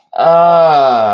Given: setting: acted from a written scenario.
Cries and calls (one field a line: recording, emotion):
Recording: vocal sound without words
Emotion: serenity